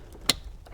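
The upper left (driver's side) wiring connector is pushed into the instrument cluster of a 2003 Hyundai Santa Fe (2000-2004). A single sharp, loud click at 0.3 s marks it seating, with faint soft ticks before and after. The connector is confirmed clicked in.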